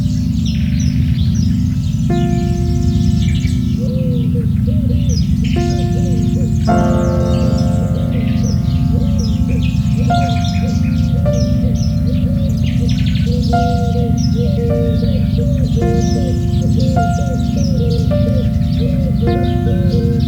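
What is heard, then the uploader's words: Nature sounds with piano: slow, sustained piano notes and chords change every couple of seconds over a dense, steady low rumble. Quick bird chirps and tweets flutter throughout in the mid and upper range, with brighter twittering above. Relaxing Nature Sounds with Piano.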